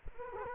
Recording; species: mosquito wingbeat signal from an infrared sensor; Culex quinquefasciatus